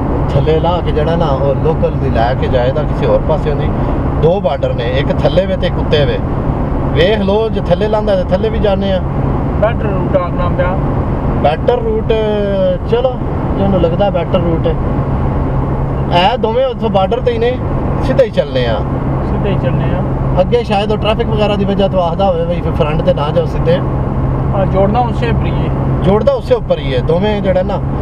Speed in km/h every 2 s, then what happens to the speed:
129, 129, 127, 127, 127, 126, 124, 124, 122, 122, 121, 122, 122, 124.
0-28 steady at about 124.